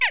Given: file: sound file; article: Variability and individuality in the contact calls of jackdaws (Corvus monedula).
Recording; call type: jackdaw call; harmonic